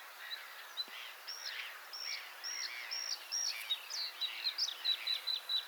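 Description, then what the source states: Bluethroat song: a string of several similar high, flat notes, then rapid varied twitters and sharp ticks. Recorded at Changis, France.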